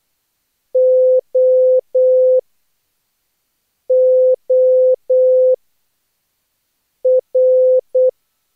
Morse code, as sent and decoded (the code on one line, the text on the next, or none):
--- / --- / .-.
O O R